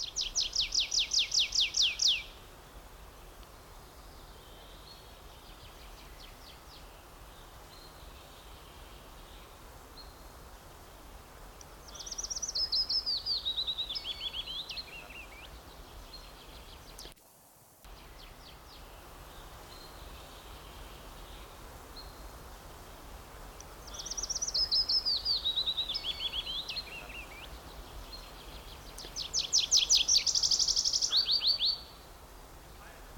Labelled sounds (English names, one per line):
Tree Pipit